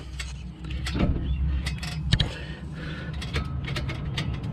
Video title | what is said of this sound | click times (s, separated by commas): 2016-2020 Lexus GS350 Front & Rear Brake Replacement | got a little click it's kind of hard to tell because it was not much room for movement but | 2.1 s, 2.2 s